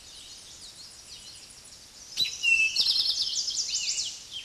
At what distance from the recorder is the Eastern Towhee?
about 5 m